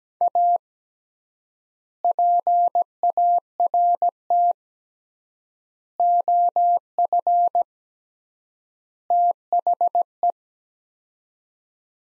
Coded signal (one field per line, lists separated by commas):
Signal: Morse code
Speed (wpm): 17 wpm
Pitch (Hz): 700 Hz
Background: none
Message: A PART OF THE